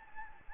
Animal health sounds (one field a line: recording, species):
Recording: mosquito wingbeat signal from an infrared sensor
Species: Anopheles gambiae